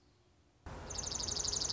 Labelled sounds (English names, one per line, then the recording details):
Dark-eyed Junco
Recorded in Sonoma County, California